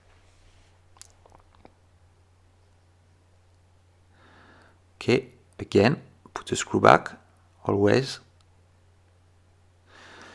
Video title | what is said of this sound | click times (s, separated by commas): Omega Speedmaster Mark III Vintage Watch Restoration - Part 1 | so that's the spring that we click the then we make the cam click in place | 1.0 s